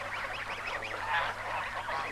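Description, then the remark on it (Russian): A large flock of large white ducks swimming toward the shore quacks and honks all at once, a dense, steady chorus of overlapping nasal calls with no pauses and no voices. “Белые крупные утки большой стаи подплывают к берегу.”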